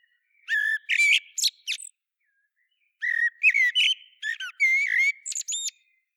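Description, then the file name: Common blackbird with two phrases of squeaky chattering notes and sliding whistles, separated by a pause of about a second. "Turdus merula"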